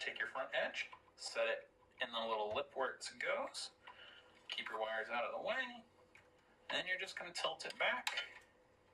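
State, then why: Not seated. Someone talks while the front edge of an internal part of a GameCube console is set into the little lip in its plastic shell, with the wires kept out of the way, and the part is tilted back. Nothing has seated or clicked into place yet.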